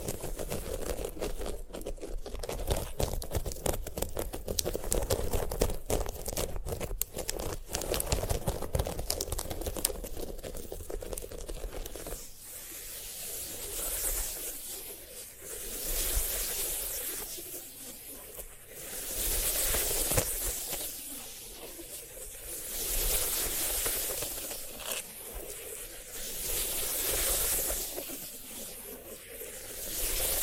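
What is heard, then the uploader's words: Handling a dried sunflower head produces a dense run of crisp crackling and scratching for the first twelve seconds. After that the sound turns to soft, hissy rubbing strokes that swell and fade every few seconds, bright and airy, with scattered small clicks in between. ASMR of a Sunflower Head (No Talking).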